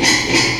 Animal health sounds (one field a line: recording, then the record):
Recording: squeal of a Yucatan mini pig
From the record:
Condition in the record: before surgery on the right vocal fold (resection and tissue-engineered implant)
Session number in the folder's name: 2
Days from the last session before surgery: 0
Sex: male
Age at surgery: 12 weeks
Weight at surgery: 13 kg